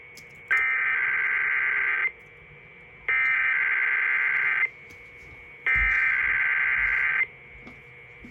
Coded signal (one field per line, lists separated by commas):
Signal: Emergency Alert System (SAME) tones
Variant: header bursts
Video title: EAS 2754-2756: KDKA EAS Test + Relays + Usual VC from 10/31/21